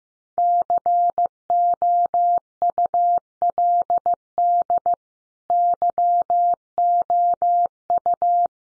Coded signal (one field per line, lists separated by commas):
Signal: Morse code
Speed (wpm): 15 wpm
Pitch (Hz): 700 Hz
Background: none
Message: COULD YOU